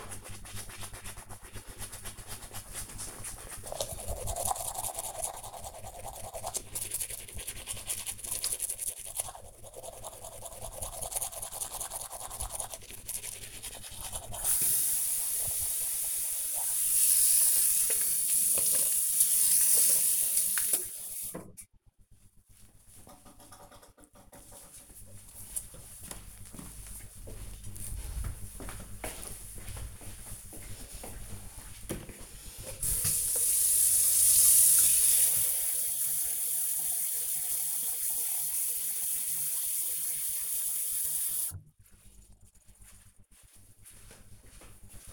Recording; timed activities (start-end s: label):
household activities, microphone on the right wrist
0.00-21.58 s: brushing teeth
32.64-45.13 s: watering plant